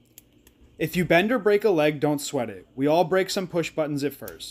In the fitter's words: firmly push them until they pop into place